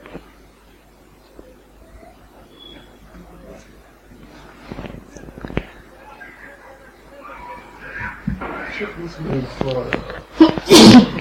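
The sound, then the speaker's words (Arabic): A single loud, sharp sneeze bursts out near the end, following several seconds of quiet, scattered murmuring and shuffling from people in the background. “رحمك الله.”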